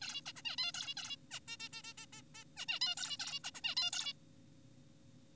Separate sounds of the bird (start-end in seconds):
0.02-0.21, 0.26-0.33, 0.36-0.42, 0.45-0.56, 0.58-0.72, 0.74-0.94, 0.97-1.16, 1.31-1.40, 1.48-1.57, 1.60-1.69, 1.73-1.82, 1.84-1.93, 1.98-2.06, 2.13-2.22, 2.35-2.44, 2.57-2.66, 2.69-2.79, 2.81-2.95, 2.97-3.17, 3.20-3.39, 3.44-3.51, 3.55-3.61, 3.64-3.75, 3.77-3.90, 3.93-4.13